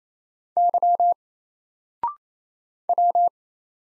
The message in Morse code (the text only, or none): Y W